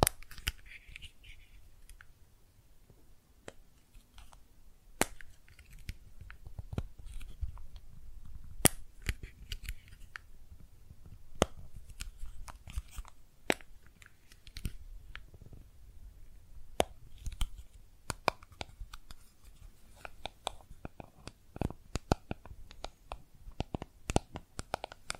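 Makeup items are tapped and scratched in a dry, uneven stream of sharp clicks, sparse at first and growing busier after about seventeen seconds. Soft rustling and low handling noise sit underneath, with a brief hissy scrape near the start.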